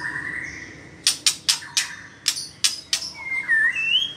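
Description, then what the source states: White-rumped shama song opening on a steady whistle, then a run of several sharp clicks, ending in high warbled whistles. Female bird.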